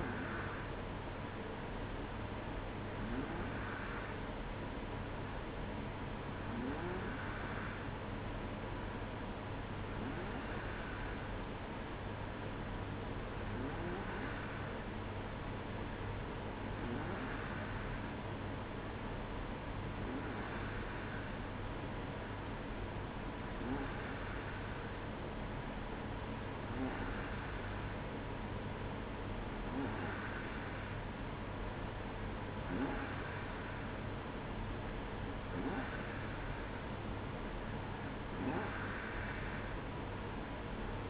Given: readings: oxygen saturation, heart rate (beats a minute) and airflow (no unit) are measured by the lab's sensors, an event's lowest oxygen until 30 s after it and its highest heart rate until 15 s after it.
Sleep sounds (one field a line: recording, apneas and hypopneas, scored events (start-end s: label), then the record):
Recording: breathing in sleep by a voice recorder at the bedside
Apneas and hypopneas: 1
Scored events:
4.00-32.30 s: hypopnea (N2, oxygen 94% highest, then 91% lowest, heart rate 59 at the start, 64 highest)
From the record:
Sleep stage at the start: N2 (light sleep)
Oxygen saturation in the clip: 92 to 94%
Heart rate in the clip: 59 to 61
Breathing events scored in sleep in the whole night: 305 in 9.6 hours asleep